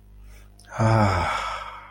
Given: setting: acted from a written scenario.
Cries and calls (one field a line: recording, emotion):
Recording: vocal sound without words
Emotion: desire